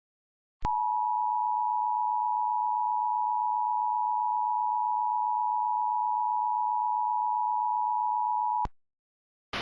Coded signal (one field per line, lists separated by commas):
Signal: Emergency Alert System (SAME) tones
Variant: 853 and 960 Hz attention tone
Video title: SPCcranford's Chicago Visit - EAS Recreation